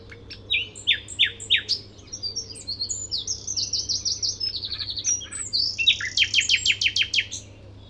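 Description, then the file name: Common nightingale delivering sharp downslurred notes, rapid trills and a fast series of loud clicks, phrases tumbling one after another over a low hum. "Luscinia megarhynchos"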